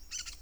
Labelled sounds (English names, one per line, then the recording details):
Brown-throated Parakeet contact call
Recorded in Venezuela
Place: Tumeremo, Edo. Bolivar; Cerca de la casa de Los Guaicas. Corral de los caballos. Varias matas con comejenes
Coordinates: 7.218, -61.386